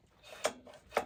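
The recoil starter housing, fitted with a new starter cord, is pushed home onto a Huskee garden tiller engine. Soft rubbing and scraping leads into two sharp snaps at 0.5 s and 1.0 s. The recoil starter assembly seats and locks into place.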